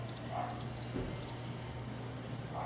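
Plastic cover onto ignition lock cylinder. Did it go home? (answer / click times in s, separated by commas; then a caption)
no / none. A locksmith handles the small plastic cover as he refits it over the reassembled ignition lock cylinder of a 2008-or-later Subaru Impreza WRX. Soft handling noises, including a brief tap at 0.8 s, play over a steady low hum. The cover has not snapped in place yet.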